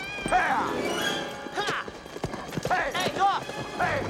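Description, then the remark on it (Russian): A pair of horses gallop in a rapid clatter of hoofbeats, hauling a runaway wagon across a prairie, with loud, rising whinnies breaking out several times over the pounding rhythm. “Повозку несет пара лошадей.”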